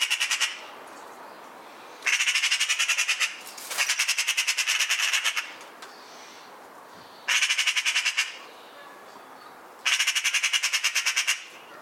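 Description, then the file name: Eurasian magpie rattling repeatedly, several harsh rapid chattering bursts of one to two seconds each, separated by pauses. "Pica pica"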